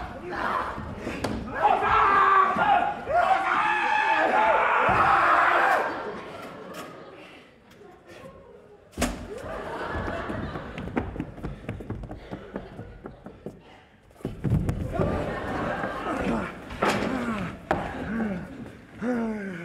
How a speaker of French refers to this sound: Non, ne faites pas attention, c'est le réverbère en tombant. Quel bruit, quel bacard d'infernal qui fait cet affreux bacchanal.